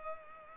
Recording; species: mosquito wingbeat signal from an infrared sensor; Culex pipiens